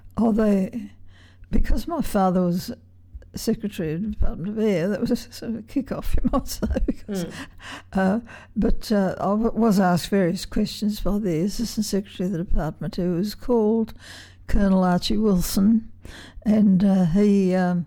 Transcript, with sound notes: Oh they — because my father was Secretary to the Department of Air that was a sort of kick off you might say, because… [laughs] But I was asked various questions for this, this was actually the department who was called Colonel Archie Wilson, and he